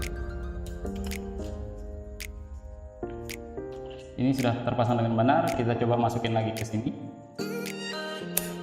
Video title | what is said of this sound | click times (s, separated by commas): Unboxing Sennhesier Skm 9000 (indonesia Versi) | sampai bunyi klek. Ah, itu berarti sudah pas. | 8.4 s